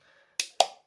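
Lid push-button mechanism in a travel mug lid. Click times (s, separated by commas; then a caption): 0.4 s, 0.6 s. The push button on the drinking lid of a red stainless-steel Bergner I-Travel travel mug is pressed to switch the lid back to closed mode. Two sharp, loud clicks ring out at 0.4 s and 0.6 s, each decaying quickly into near silence. The lid is now closed and water no longer flows.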